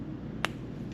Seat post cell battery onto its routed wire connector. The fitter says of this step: just like that. You can hear the snap.